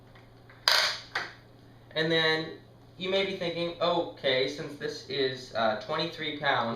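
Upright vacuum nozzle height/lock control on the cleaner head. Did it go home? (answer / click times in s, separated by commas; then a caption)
yes / 0.7 s. The nozzle-height control on the cleaner head of a Kirby upright vacuum is pressed once more after the running vacuum has sealed to the carpet, so the nozzle locks down. A sharp click at 0.7 s marks the lock engaging, followed by a softer knock, and then someone talks.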